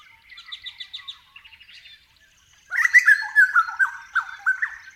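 Grey butcherbird song: high rapid ticking notes, then a loud phrase of fluty, slurred whistles with jumpy pitch changes.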